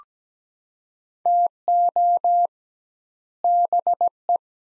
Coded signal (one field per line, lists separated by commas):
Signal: Morse code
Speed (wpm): 17 wpm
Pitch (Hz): 700 Hz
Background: none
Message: TO BE